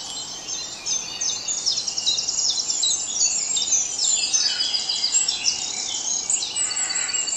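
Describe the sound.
Dawn chorus of birds, high chattering and trilled phrases overlapping densely.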